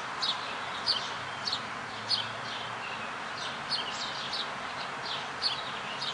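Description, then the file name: Brown thrasher: short, sharp high notes repeated irregularly, about one or two each second, over a steady broad background hiss. Recorded in 2006. "Brown Thrasher Lot 2006"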